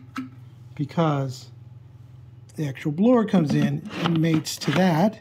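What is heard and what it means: A blower tube is pushed onto the body of a RYOBI 40 Volt Cordless Backpack/Handheld Blower Kit, model RY404180, with a single short knock-like hit at about 0.2 s, while someone talks over a steady low hum. Nothing has seated or locked into place yet.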